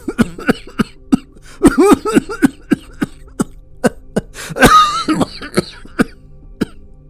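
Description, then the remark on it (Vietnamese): An angry father coughs over and over in a long, uneven fit of sharp, harsh bursts, some drawn out into rough, strained voiced hacks, with no talking. “Bố giận quá, lại ho tiếp.”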